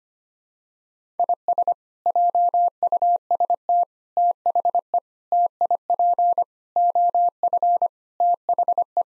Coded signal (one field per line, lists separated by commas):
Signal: Morse code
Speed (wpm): 25 wpm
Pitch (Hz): 700 Hz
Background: none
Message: IS JUST THE TIP OF THE